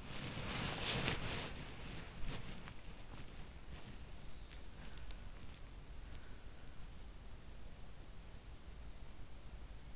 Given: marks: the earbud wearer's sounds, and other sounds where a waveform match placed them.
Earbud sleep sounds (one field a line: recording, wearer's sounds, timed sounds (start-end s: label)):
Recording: sounds in sleep by an in-ear microphone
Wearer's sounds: body movement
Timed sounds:
0.00-2.76 s: body movement